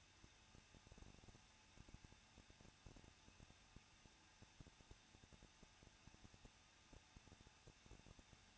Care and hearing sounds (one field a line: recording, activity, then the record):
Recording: daily activity, microphone in the room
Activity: no activity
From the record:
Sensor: 2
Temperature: 21.0 degrees Celsius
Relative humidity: 37.6%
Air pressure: 1006.2 hPa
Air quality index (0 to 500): 224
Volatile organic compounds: 25 ppm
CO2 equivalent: 2843 ppm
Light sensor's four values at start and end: 2/3/2/2 and 2/3/2/2